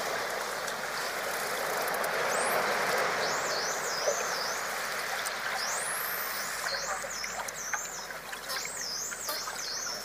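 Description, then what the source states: Dolphin whistles: rising sweeps, then repeated wavy up-and-down whistles in bursts, with a few clicks over a continuous rushing water hiss. Deep underwater; dolphins communicating with each other.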